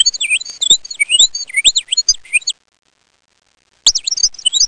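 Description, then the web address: Bird twittering, a burst of looping, warbled chirps for about two and a half seconds, a short silence, then another brief rolling phrase. "Soundsation. Animals Birds"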